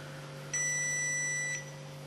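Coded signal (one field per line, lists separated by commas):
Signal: beep code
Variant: electronic dog collar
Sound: a single steady high beep lasting about one second over low hum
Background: low electrical hum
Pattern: 1 long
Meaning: The collar has been turned off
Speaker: and there's the beep design was just turned off because it was on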